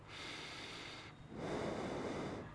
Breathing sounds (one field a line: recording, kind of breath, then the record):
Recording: one breath in and out by a microphone near the nose and mouth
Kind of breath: normal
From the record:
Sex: male